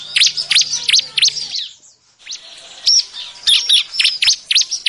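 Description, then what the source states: Bar-winged prinia calls, rapid high chirps and squeaks that break off into a short silence, then return as a scattered series of sharp notes. Noisy calling, used as a lure recording to attract birds.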